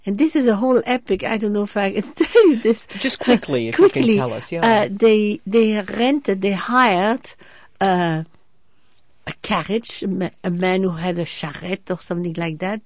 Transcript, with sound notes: And this is a whole epic. I don't know if I (laughs) tell you this.
Just quickly, if you can tell us.
Quickly, they rented, they hired a carriage, a man who had a charrette or something like that.